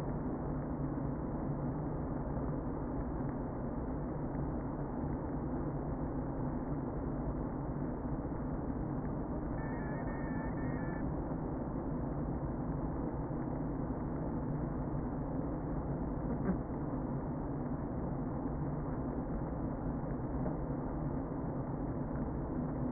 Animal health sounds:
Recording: honeybee colony, microphone inside the hive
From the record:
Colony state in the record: queen present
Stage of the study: before two queens were removed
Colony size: about 60,000 bees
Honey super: yes

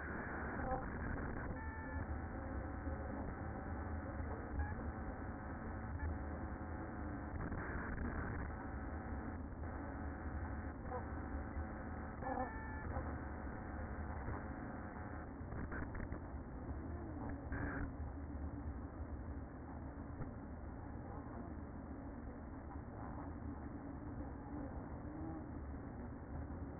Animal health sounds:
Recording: honeybee colony, microphone inside the hive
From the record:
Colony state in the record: queen present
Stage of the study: after two queens were removed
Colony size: about 60,000 bees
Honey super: yes

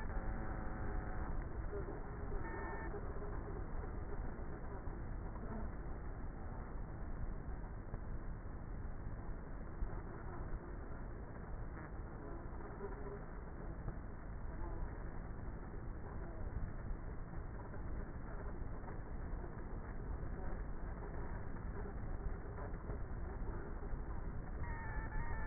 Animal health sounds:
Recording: honeybee colony, microphone inside the hive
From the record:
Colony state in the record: queenless with a low population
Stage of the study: before two queens were removed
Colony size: about 30,000 bees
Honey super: no

